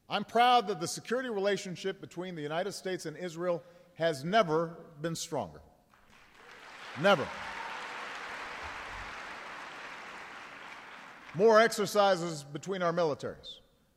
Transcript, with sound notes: I'm proud that the security relationship between the United States and Israel has never been stronger. Never. (Applause.) More exercises between our militaries;